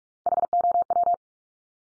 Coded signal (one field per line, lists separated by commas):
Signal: Morse code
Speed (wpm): 46 wpm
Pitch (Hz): 700 Hz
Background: none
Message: HOW